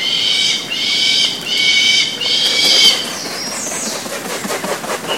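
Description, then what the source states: Southern crested caracara giving a harsh, rattling call of several grating notes in quick succession over three seconds, then quieter scratchy sounds. Recorded at Parque Estadual da Cantareira, São Paulo state, Brazil, on 19 January 2013.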